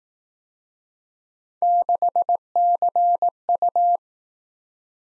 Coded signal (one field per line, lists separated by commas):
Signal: Morse code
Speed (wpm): 18 wpm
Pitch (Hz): 700 Hz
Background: none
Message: 6CU